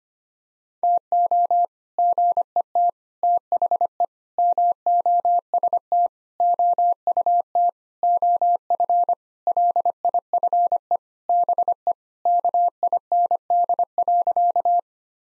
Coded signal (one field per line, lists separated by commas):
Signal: Morse code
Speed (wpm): 25 wpm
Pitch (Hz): 700 Hz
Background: none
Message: TO GET THE MOST OUT OF LIFE BE KIND.